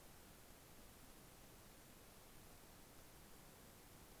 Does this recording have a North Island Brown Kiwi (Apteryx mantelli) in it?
no